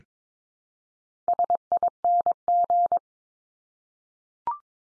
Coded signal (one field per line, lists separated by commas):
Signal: Morse code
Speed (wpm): 22 wpm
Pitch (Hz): 700 Hz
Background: none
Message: SING